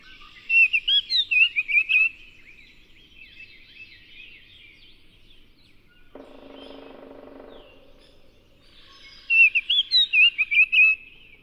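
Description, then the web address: Baltimore Oriole song: two bright whistled phrases of quick, varied notes at the start and end, with a brief noise in between. "Songs of Birds of North America Know Your Bird Sounds Common Western Species. Baltimore Oriole"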